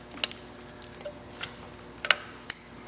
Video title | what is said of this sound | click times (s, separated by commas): Witchdoctors - How to install a Lloyds Fuel Tuner on a Cross Country | snap it on again you can hear it click and again they give you that red clip push that | 2.5 s